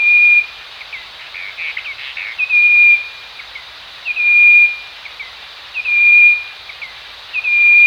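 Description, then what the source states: Striped wren-babbler giving pure, level whistled notes, each about half a second long, repeated several times at fairly regular intervals, with faint softer chirps between the first two. Recorded at Danum on 1 March 2008.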